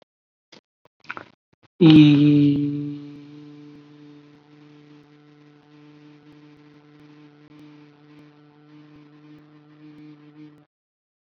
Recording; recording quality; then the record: sustained vowel as in beet; moderate, slight background noise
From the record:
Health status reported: COVID-19 positive, mild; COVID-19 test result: positive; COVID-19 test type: RT-PCR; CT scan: not taken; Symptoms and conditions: cold, sore throat, fever, hypertension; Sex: male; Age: 24 years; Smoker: no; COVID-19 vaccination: both doses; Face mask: not worn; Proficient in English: yes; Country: India